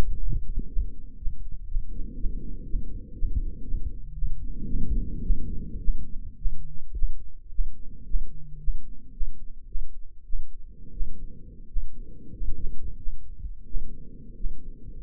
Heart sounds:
heart sounds by microphone in the right ear; 105 bpm
0.19 s: heartbeat
0.68 s: heartbeat
1.18 s: heartbeat
1.67 s: heartbeat
2.16 s: heartbeat
2.65 s: heartbeat
3.15 s: heartbeat
3.64 s: heartbeat
4.14 s: heartbeat
4.66 s: heartbeat
5.22 s: heartbeat
5.80 s: heartbeat
6.37 s: heartbeat
6.94 s: heartbeat
7.51 s: heartbeat
8.06 s: heartbeat
8.59 s: heartbeat
9.13 s: heartbeat
9.67 s: heartbeat
10.25 s: heartbeat
10.92 s: heartbeat
11.68 s: heartbeat
12.33 s: heartbeat
12.98 s: heartbeat
13.66 s: heartbeat
14.36 s: heartbeat
15.02 s: heartbeat
From the record:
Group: healthy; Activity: rest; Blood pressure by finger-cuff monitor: 141/68 mmHg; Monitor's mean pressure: 87 mmHg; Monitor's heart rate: 110 bpm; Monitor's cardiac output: 12.2 L/min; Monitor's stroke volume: 113 mL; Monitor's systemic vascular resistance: 530 dyn s/cm5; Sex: male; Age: 24 years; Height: 184 cm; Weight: 89 kg

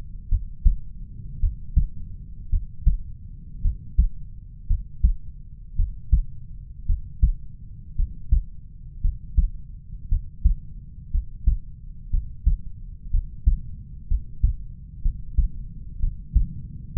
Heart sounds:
heart sounds by stethoscope; 58 bpm
0.29 s: heartbeat
1.41 s: heartbeat
2.50 s: heartbeat
3.62 s: heartbeat
4.68 s: heartbeat
5.76 s: heartbeat
6.87 s: heartbeat
7.96 s: heartbeat
9.02 s: heartbeat
10.09 s: heartbeat
11.11 s: heartbeat
12.11 s: heartbeat
13.11 s: heartbeat
14.08 s: heartbeat
15.02 s: heartbeat
16.00 s: heartbeat
16.93 s: heartbeat
From the record:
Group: healthy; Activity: rest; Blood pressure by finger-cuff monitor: 100/79 mmHg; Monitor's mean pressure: 87 mmHg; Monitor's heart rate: 56 bpm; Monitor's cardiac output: 4.4 L/min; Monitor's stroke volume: 77 mL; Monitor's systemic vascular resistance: 1540 dyn s/cm5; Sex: male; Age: 20 years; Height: 187 cm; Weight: 68.9 kg

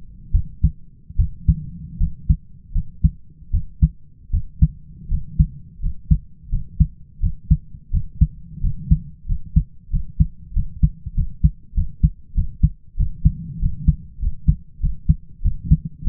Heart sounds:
heart sounds by stethoscope; 88 bpm
0.32 s: heartbeat
1.16 s: heartbeat
1.98 s: heartbeat
2.72 s: heartbeat
3.51 s: heartbeat
4.31 s: heartbeat
5.08 s: heartbeat
5.80 s: heartbeat
6.49 s: heartbeat
7.20 s: heartbeat
7.91 s: heartbeat
8.61 s: heartbeat
9.26 s: heartbeat
9.90 s: heartbeat
10.53 s: heartbeat
11.14 s: heartbeat
11.74 s: heartbeat
12.34 s: heartbeat
12.96 s: heartbeat
13.59 s: heartbeat
14.19 s: heartbeat
14.80 s: heartbeat
15.42 s: heartbeat
16.04 s: heartbeat
From the record:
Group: healthy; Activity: rest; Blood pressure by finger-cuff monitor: 114/66 mmHg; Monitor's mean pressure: 78 mmHg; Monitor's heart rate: 86 bpm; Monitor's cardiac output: 6 L/min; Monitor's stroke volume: 72 mL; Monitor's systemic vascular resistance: 930 dyn s/cm5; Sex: male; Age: 20 years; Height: 167 cm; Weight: 61 kg

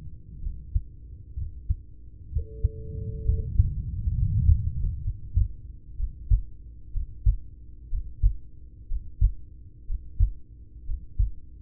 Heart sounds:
heart sounds by stethoscope; 63 bpm
0.39 s: heartbeat
1.34 s: heartbeat
2.28 s: heartbeat
3.22 s: heartbeat
4.11 s: heartbeat
5.00 s: heartbeat
5.94 s: heartbeat
6.90 s: heartbeat
7.87 s: heartbeat
8.85 s: heartbeat
9.84 s: heartbeat
10.83 s: heartbeat
From the record:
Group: heart failure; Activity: rest 0-5 s, breath hold 5-12 s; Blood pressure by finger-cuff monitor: 85/48 mmHg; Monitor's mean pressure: 60 mmHg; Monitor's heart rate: 62 bpm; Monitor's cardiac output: 5.7 L/min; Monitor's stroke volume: 89 mL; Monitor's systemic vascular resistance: 770 dyn s/cm5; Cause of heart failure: ischemic heart disease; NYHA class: 1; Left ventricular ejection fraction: 33%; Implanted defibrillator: present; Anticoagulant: apixaban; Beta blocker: carvedilol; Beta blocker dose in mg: 18.75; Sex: male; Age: 39 years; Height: 168 cm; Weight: 72 kg

